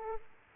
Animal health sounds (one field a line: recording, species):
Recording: mosquito wingbeat signal from an infrared sensor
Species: Aedes aegypti